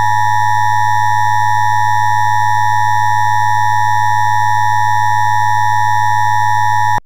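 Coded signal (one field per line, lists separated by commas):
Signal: Emergency Alert System (SAME) tones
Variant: 853 and 960 Hz attention tone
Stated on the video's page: Mock child abduction emergency alert simulating a cable company's EAS broadcast.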